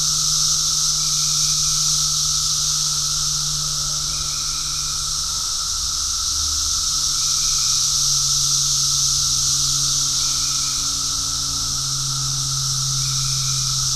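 Cicada chorus as a continuous shrill buzzing wash, short faint chirps recurring every few seconds, over a low steady hum.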